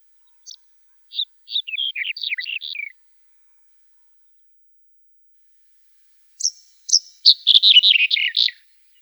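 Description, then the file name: Red-headed bunting singing twice: spaced introductory notes leading into a quick, descending jumble of chirps, the second phrase louder and denser. "Ovsjanka zhelchnaja"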